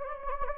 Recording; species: mosquito wingbeat signal from an infrared sensor; Anopheles gambiae